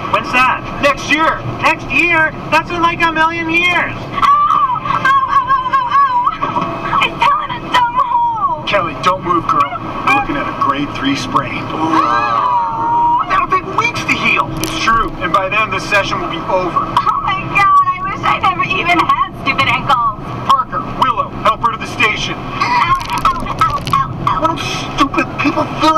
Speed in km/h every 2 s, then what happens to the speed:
73, 73, 70, 67, 64, 64, 65, 67, 71, 74, 76, 77, 78.
0-10 slows to 64. 10-26 speeds up to 78.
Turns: none.